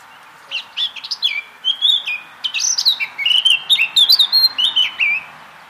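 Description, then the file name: Eurasian blackcap song, a continuous jumble of chattering notes and fluty whistled slurs, quick and varied, running almost five seconds without a break. "Sylvia atricapilla"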